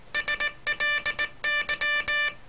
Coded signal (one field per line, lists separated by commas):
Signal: Morse code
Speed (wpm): 20 wpm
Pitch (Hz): 1800 Hz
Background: none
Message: SLY